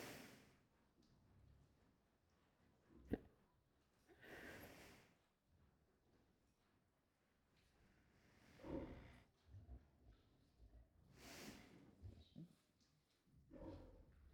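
Irregular snorting, rumbling breaths at rest, separated by quiet pauses: a pregnant pig snoring.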